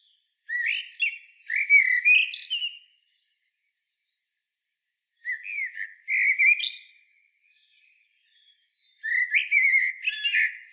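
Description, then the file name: Common blackbird singing three warbled phrases of mellow low whistles mixed with thin, high squeaky notes, with quiet gaps between, the last cut off. "Turdus merula"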